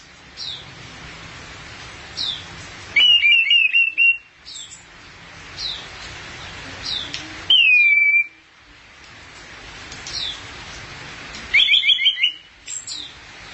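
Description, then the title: Thrush song: three loud, fast, chattering whistled phrases spaced roughly four seconds apart, with brief high chips and soft twittering between them. "burung anis x"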